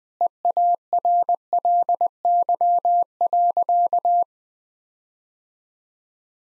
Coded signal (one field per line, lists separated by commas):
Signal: Morse code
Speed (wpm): 20 wpm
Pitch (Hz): 700 Hz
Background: none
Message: EARLY.